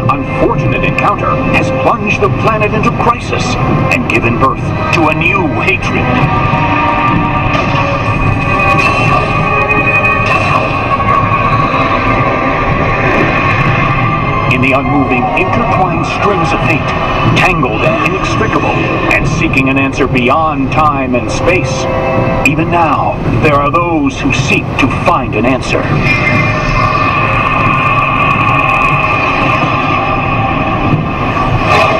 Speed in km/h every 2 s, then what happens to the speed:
111, 111, 111, 111, 112, 113, 113, 113, 113, 113, 113, 113, 112, 112, 113, 113.
0-32 steady at about 113.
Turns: none.